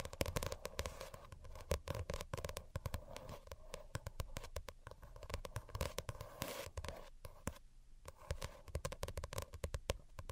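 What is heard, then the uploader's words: Dense, rapid tapping runs throughout, sharp clicks arriving several times per second in an uneven but constant flurry. The taps are crisp and bright over a steady low hum and a mid-pitched tone, with a brief quieter gap near the eighth second. ASMR Most Delicate and Calming Tapping for Sleep (No Talking).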